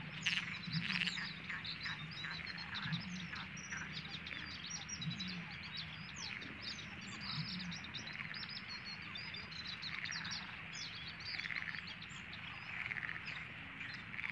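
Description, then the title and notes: Perez's frog chorus, a dense rattling croaking that runs continuously throughout, with bird chirps mixed in and a deep low hum underneath. Background chorus in the Liguaneau marsh, Camargue, at a calm dawn on 1 May 1995. "Marais du Liguaneau en Camargue. 01 mai 1995, lever du jour tranquille dans le marais du Liguaneau. avec en toile de fond des Grenouilles de Perez (Pelophylax perezi)"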